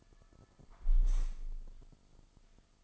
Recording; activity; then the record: daily activity, microphone in the room; close window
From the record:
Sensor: 5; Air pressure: 1004.7 hPa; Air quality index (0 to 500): 81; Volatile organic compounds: 2 ppm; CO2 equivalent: 976 ppm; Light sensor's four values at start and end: 34/79/32/31 and 34/79/32/31